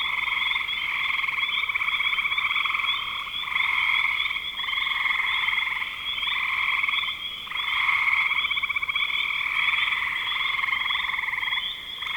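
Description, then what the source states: Frogs trilling in a continuous chorus, with short breaks between long pulsing phrases. Frogs recorded in spring 2025.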